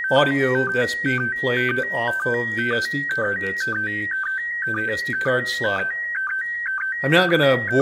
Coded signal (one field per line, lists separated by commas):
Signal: SSTV (slow-scan television)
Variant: PD 120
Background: speech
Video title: IC-705 SSTV From the International Space Station